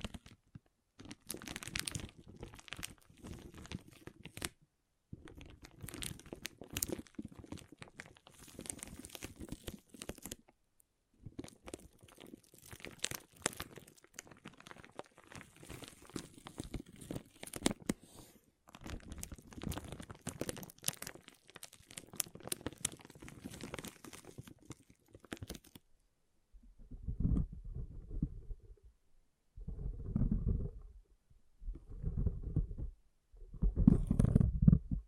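Water beads being squished and rolled, a dense crackling, squelching texture that runs in bursts of a few seconds with brief gaps for the first twenty-five seconds. After that the sound turns to slower, deeper squelches, about one every two seconds, with little crackle left.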